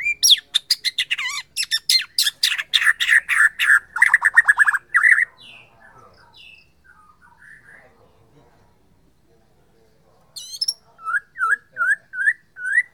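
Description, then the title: White-rumped shama singing a dense rapid stream of high and mid notes, a quiet spell, then a series of evenly spaced rising whistles. Borneo form. "MURAI BORNEO MAS KIKI"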